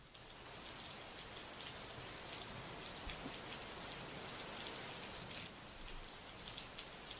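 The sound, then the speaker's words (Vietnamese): Steady rain from a sudden shower patters on surfaces, a dense, even hiss of countless drops with scattered sharper taps rising above it. The sound holds constant throughout, with no voices. “Mưa đã bắt đầu, đầu tiên là một hạt, hai hạt rồi lạch tạch xung quanh.”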